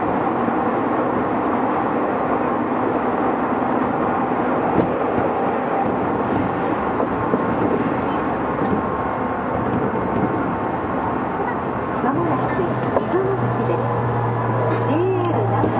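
A Tokyu 6000 series express train runs from the Den-en-toshi Line onto the Oimachi Line, filling the clip with a dense, steady rumble and rattle. Faint voices surface now and then, and after about twelve seconds a low steady hum and a wavering whine rise over the noise.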